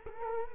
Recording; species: mosquito wingbeat signal from an infrared sensor; Culex quinquefasciatus